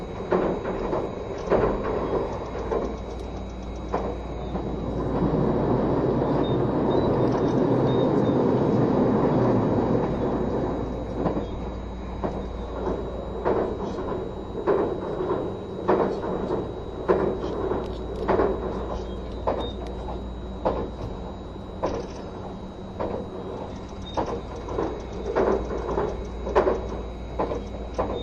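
Running sound of a train: a steady low rumble throughout, swelling into a dense, louder roar from about 5 to 10 seconds. After that it settles back and short rhythmic clacks repeat roughly every second over the constant hum until the end.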